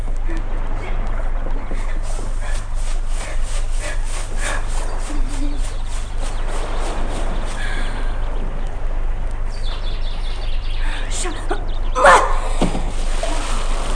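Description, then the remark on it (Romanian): Steady rough scraping and rustling runs throughout, then near the end a single heavy splash as a pig carcass is dropped into water, followed by settling noise. “Cu asta, corpul delict, porcul ăsta aruncat în apă, a dispărut.”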